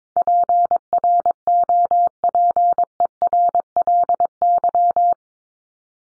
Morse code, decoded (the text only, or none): PROPERLY